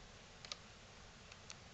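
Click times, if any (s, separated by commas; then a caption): none. The plastic end cap of a JBL Boombox portable speaker is turned clockwise to lock it back into the housing. Faint ticks are heard at about 0.5 s, 0.5 s, 1.3 s and 1.5 s over a steady hiss. Nothing has seated or clicked into place yet.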